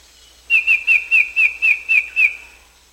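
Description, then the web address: Black-headed antbird song: eight evenly spaced, high whistled notes, each dropping slightly in pitch. South America. "Natures Songs S America Black-Headed Antbird"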